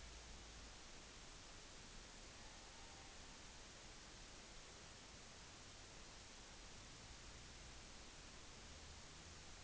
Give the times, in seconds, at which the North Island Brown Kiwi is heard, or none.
none